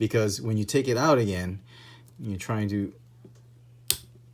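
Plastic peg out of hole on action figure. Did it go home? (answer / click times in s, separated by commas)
released / 3.9 s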